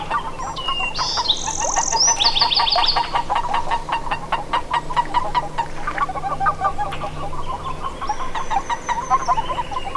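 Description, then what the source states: Boreal toad calling with a steady series of evenly spaced pulsed notes, while birds give higher, sliding whistles over a constant low hum. Subspecies Anaxyrus boreas boreas.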